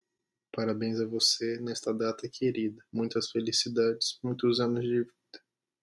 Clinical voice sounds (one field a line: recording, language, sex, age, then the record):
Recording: short text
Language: Brazilian Portuguese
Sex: female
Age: 20 to 29 years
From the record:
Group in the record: control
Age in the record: 25 years